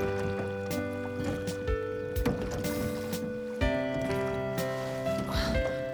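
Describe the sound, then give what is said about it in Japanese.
A rowboat from a boat rental moves through pond water, with soft sloshing and dripping against a steady, humming background and occasional brief knocks, no voices. “この池で一緒にボートに乗った二人は別れる？”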